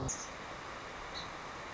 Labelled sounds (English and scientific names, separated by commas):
Song Sparrow (Melospiza melodia)